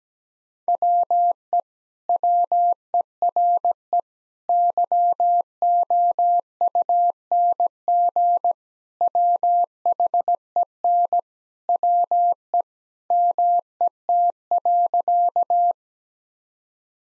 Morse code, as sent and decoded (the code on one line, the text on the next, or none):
.-- . / .-- . .-. . / -.-- --- ..- -. --. / .-- .... . -. / .-- . / -- . - .-.-.-
WE WERE YOUNG WHEN WE MET.